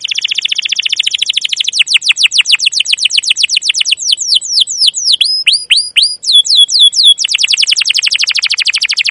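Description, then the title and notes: Canary song: fast chattering trills of descending notes, slowing into separate whistled sweeps, then a dense rapid trill again. Canary song used as a lure (pancingan, masteran) to train young canaries to sing; described as gacor, long, emotional chirping. "CUIT CUIT NGEROL LANGSUNG GACOR PANJANG Kenari Ini AMPUH Utk Pancingan KENAR. PANCINGAN Kenari GACOR PANJANG Cuit CUIT EMOSI ini AMPUH utk MASTERAN Kenari PAUD belajar BUNYI. burung kenari"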